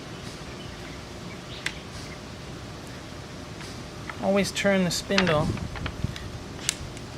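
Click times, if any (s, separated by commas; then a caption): 6.7 s. On an AGP TC402 core drill's gearbox, the spindle is turned while the gear selector is moved into second gear for a 20-millimeter size, and someone talks over low background noise with a few faint ticks. The selector engages and snaps into place with a sharp click at 6.7 s.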